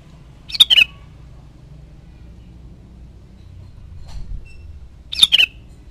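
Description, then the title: Sooty-headed bulbul song: two brief bubbly phrases roughly four and a half seconds apart, with a faint low rumble between them. "Kutilang"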